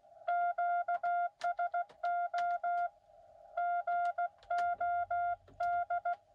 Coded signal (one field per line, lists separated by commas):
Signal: Morse code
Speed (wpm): 16 wpm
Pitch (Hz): 690 Hz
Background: none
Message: QSO GOD